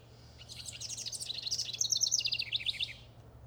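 House Wren singing one gurgling burst of high rapid notes that drops lower toward the end, with a faint low hum in the background.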